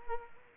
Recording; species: mosquito wingbeat signal from an infrared sensor; Culex quinquefasciatus